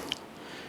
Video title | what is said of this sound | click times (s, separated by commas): How to Replace Third Brake Light 2011-2018 Ram 1500 | you'll feel that snap into place | 0.1 s